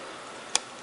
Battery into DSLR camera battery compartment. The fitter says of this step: this and it's got a snap in place and